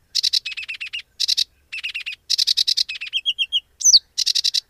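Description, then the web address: Sedge warbler song, a lively medley of harsh chattering bursts, buzzy repeated notes, short clear trilled whistles and a sharp rising-falling squeak. "Madardalok - Foltos nádiposzáta"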